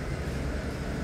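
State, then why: Not seated. A seat belt tongue is pushed toward its buckle during a mock in-flight safety demonstration on a bus. Only a steady low vehicle rumble is heard, with no sharp sounds. Nothing has seated or clicked yet.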